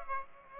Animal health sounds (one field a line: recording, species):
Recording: mosquito wingbeat signal from an infrared sensor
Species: Aedes aegypti